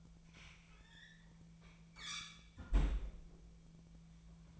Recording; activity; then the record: daily activity, microphone in the room; close fridge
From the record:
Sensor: 1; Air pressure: 1009.7 hPa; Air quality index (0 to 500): 194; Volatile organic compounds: 19 ppm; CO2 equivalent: 2658 ppm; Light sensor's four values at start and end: 30/76/32/38 and 30/76/32/38